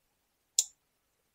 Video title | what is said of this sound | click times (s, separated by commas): Royal Enfield Himalayan 411 LED Headlamp Install step by step guide. | and you'll hear it click in place | 0.6 s